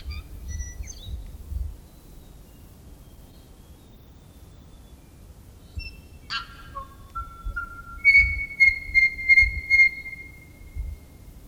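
Tui song with soft whistles, a sudden noisy burst, then gliding tones and a ringing sequence of bright repeated notes, low rumble beneath.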